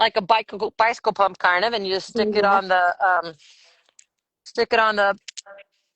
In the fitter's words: And once you have it clicked in, then you pump it up.